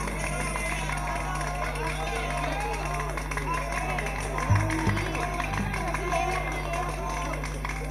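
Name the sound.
audience applause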